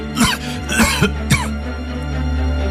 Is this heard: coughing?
yes